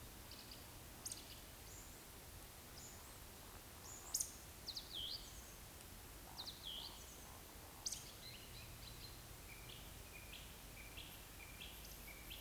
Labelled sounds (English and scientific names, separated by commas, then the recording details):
Eurasian Woodcock (Scolopax rusticola)
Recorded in Baden-Württemberg, Germany, on 28 May 2021 at 19:24 UTC
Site 45967, 814 m above sea level